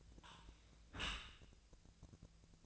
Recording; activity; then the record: daily activity, microphone in the room; close dishwasher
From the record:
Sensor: 2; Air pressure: 1000.4 hPa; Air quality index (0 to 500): 167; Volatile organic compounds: 3 ppm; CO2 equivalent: 1381 ppm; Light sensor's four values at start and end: 12/32/12/14 and 12/32/12/14